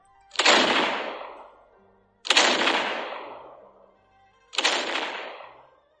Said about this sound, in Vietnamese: Tiếng pháo chói tai vang lên, tựa như là sấm động giữa trời quang, cả thuyền đội đều rung động.